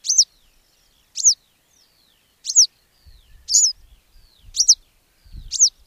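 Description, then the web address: Western yellow wagtail calls, short high slurred notes repeated roughly once a second, with faint softer background chirps and low rumbling noise. "agykontroll Madardalok Cd 3. Sárga billegető"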